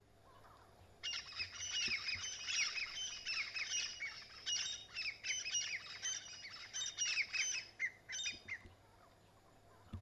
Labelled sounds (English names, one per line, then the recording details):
Crested Francolin
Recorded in northern Uganda